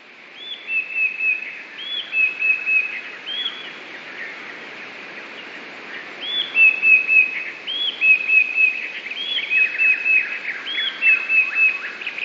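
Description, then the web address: Eurasian blue tit song repeated steadily: a high swooping note leading into three or four clear, level whistled notes, phrase after phrase with brief pauses. "wroblowe teka 2 spiew. modraszkoteka"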